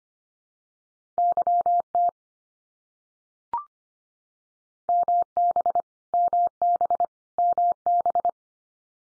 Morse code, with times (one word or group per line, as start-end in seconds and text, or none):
1.2-2.1 YT
4.9-5.8 MB
6.1-7.0 MB
7.4-8.3 MB